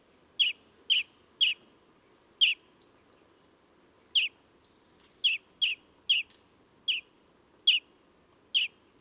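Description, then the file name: European greenfinch giving sharp high chirps, irregularly spaced, about eleven notes against a soft low rumble. "Chloris chloris"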